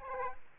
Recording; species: mosquito wingbeat signal from an infrared sensor; Aedes aegypti